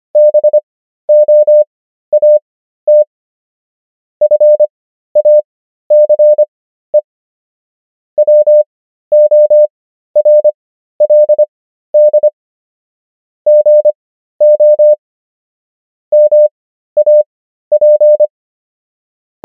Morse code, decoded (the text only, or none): BOAT FACE WORLD GO MAP